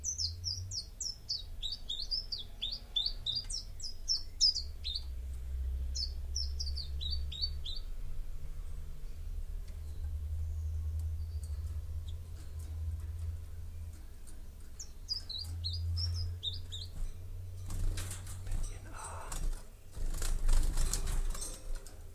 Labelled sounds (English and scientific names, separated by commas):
Common Chiffchaff (Phylloscopus collybita)